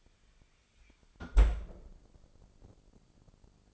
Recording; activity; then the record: daily activity, microphone in the room; close fridge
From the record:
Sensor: 5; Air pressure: 995.3 hPa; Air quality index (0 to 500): 85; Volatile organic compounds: 4 ppm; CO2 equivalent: 1572 ppm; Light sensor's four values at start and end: 38/91/37/38 and 35/84/34/35